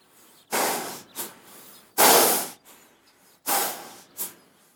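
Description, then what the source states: Horse breathing hard: loud rasping breaths in uneven pairs, each long breath followed by a shorter one, roughly every one and a half seconds. Heavy breathing after a run.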